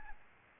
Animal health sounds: mosquito wingbeat signal from an infrared sensor; Aedes albopictus

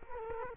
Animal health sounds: mosquito wingbeat signal from an infrared sensor; Culex quinquefasciatus

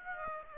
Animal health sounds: mosquito wingbeat signal from an infrared sensor; Aedes aegypti

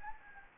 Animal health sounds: mosquito wingbeat signal from an infrared sensor; Anopheles gambiae

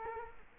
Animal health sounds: mosquito wingbeat signal from an infrared sensor; Culex quinquefasciatus

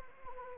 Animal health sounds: mosquito wingbeat signal from an infrared sensor; Anopheles arabiensis

